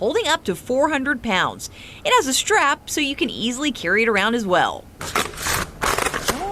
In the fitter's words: I think it's locked in.